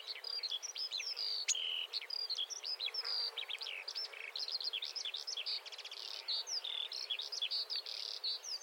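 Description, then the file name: Marsh warbler song, a fast continuous stream of varied high chirps, trills and whistles that changes phrase almost every note. "suara kicauan burung marsh warbler. omkicau"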